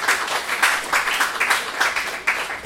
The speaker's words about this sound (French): Donc, des applaudissements pour nos intervenants